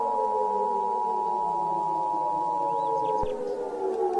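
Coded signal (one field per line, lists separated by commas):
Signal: Emergency Alert System (SAME) tones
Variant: 853 and 960 Hz attention tone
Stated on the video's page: Simulated EAS scenario using valid SAME tones.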